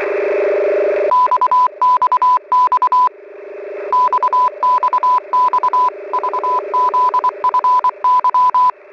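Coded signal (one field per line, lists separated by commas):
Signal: Morse code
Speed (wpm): 24 wpm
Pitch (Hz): 1000 Hz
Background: none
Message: XXX XXX VZFY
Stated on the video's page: Numbers-station CW messages: Squeaky Wheel on 5361 kHz, also broadcast on 5473 kHz; Pip sub frequency 6922 kHz, main 5448 kHz.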